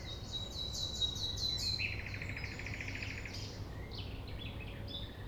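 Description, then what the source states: Common nightingale song: high piercing notes followed by a fast mechanical rattle, then softer varied twitters, with a steady low hum throughout. Recorded at 6 a.m. at sunrise near the Thève, Champ de Ménage; the nightingale sings without waiting for silence.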